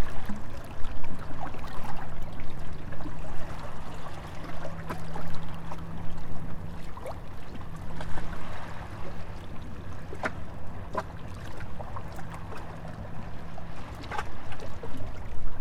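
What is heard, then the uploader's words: Waves wash steadily against a gently sloping shore, with foam fizzing and small crisp splashes scattered throughout, sharpest around ten, eleven and fourteen seconds. A constant low rumble underlies it, and a faint droning hum, like a boat motor, persists through most of the clip. There the beach is littered with small and large pebbles that shimmer in the sun, coloring the water. Track 1 is at the gently sloping shore. The washing of the waves against the shore and the foam of the broken waves can be heard. All recordings, text, and photos by Liu SiYuan.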